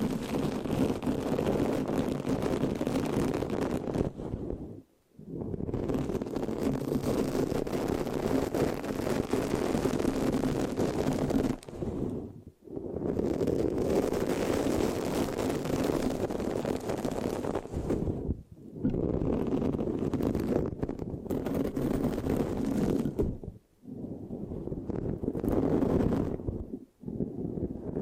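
Dense, rough microphone scratching rubs on in long steady stretches, with brief silent breaks near 5, 12, 18, 24 and 27 seconds.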